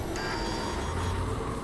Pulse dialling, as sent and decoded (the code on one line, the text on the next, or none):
none